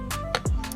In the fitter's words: I-PDin nyo lang siya and mag-snap siya in place, parang ganyan.